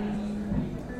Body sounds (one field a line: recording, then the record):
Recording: background sound without coughing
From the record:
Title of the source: 60 minutes of coffee shop sounds for study and concentration